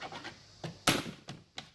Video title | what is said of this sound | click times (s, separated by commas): Robot Costume - Construction | then it just clicks into place it's | 0.9 s